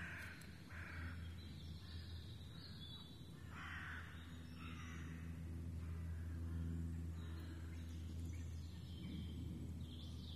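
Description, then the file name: Raven giving hoarse, harsh calls in short irregular bouts, with a steady low hum beneath and faint high bird notes. Ravens, more than one, in the Forêt de Rambouillet, recorded 24 May 2015. "150524 Ravens in Foret de Rambouillet"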